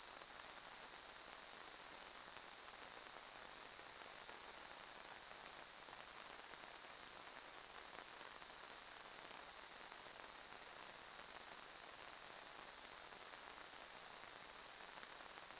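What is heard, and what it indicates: Simulated tinnitus: a steady, electronic high-pitched hiss, a narrow band of noise centred around 6–8 kHz, holding at a constant level throughout with no low-frequency content.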